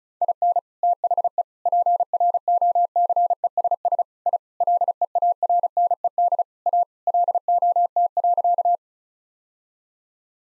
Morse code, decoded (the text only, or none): IN THE PROCESS I LEARNED A LOT.